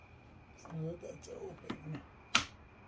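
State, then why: Seated. Someone talks as the Home Decorators Collection cordless cellular shade, opened a little first, has its headrail pushed into the window mounting bracket. A sharp click at 2.4 s shows it seated. Opening the shade makes this easier, since pushing it in while bunched up doesn't work.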